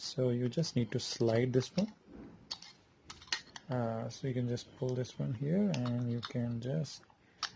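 Someone talks while handling a plastic plug adapter, lining it up to slide onto the pins of a phone charger, with a few short, sharp handling taps between about 2.5 and 3.6 seconds. Nothing has seated or clicked into place yet.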